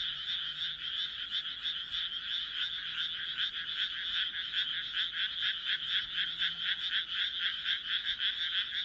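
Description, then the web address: Frogs calling together, a stream of short rattling croaks repeated rapidly and unevenly, layered into a constant chorus. "kaeru kaeru"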